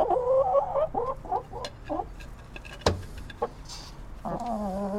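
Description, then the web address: Chickens clucking and squawking in a rapid run of calls, then a drawn-out cackle, with clattering and knocking noises between them. Caged chickens. "Tom Hutchings Chickens Caged"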